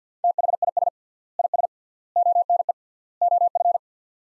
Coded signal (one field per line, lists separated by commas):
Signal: Morse code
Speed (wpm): 50 wpm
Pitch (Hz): 700 Hz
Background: none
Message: THIS IS ONE OF